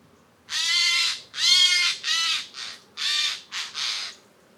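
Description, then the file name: Eurasian jay giving seven harsh, rasping screeches in a quick irregular series, each lasting under a second, with short silent gaps between them. "Garrulus glandarius"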